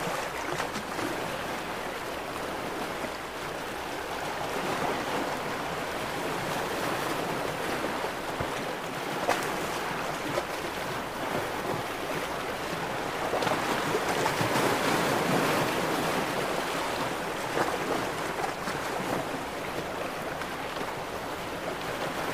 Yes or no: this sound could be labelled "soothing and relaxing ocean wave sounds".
yes